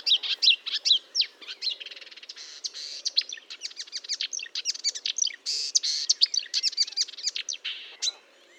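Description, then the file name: Marsh warbler song: a fast, unbroken stream of varied high chirps, buzzy notes and sharp whistles, tumbling on without pause. Recorded at Fontaine-Française, Fourneau, on 1 June 2022 at 10:55, using Nagra and Telinga equipment. "Rousserolle verderolle 20220601 1055 Fontaine-Francaise-Fourneau"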